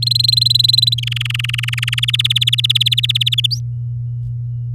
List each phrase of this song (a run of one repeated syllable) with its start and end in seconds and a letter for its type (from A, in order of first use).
0.02-0.94 A, 0.98-2.00 B, 2.02-3.46 C, 3.50-3.59 D